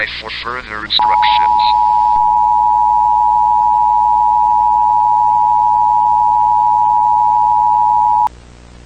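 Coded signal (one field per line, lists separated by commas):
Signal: Emergency Alert System (SAME) tones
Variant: 853 and 960 Hz attention tone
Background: speech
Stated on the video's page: Fictional EAS scenario in analog-horror style; not a real alert.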